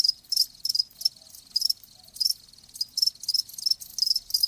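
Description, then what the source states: Crickets chirping in loud, clipped high bursts, roughly three per second but irregular, with quiet gaps between groups. Live crickets chirping, as a sleep sound.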